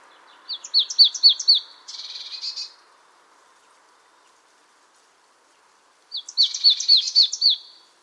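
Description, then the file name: Marsh tit calling: a run of bright, sharp 'pitchoo'-like notes followed by a short, harsh buzzy phrase, then silence and another burst of sharp notes about six seconds in. "Poecile palustris"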